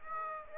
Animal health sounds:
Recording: mosquito wingbeat signal from an infrared sensor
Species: Aedes aegypti

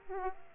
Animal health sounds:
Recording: mosquito wingbeat signal from an infrared sensor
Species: Aedes aegypti

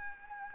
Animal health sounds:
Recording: mosquito wingbeat signal from an infrared sensor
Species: Anopheles gambiae

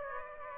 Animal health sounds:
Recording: mosquito wingbeat signal from an infrared sensor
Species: Aedes aegypti

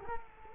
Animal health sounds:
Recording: mosquito wingbeat signal from an infrared sensor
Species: Culex quinquefasciatus

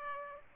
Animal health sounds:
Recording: mosquito wingbeat signal from an infrared sensor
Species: Aedes aegypti

